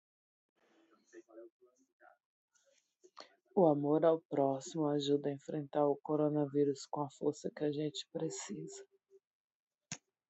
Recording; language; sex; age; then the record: spoken sentence; Brazilian Portuguese; female; 40 to 49 years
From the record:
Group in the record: control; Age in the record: 42 years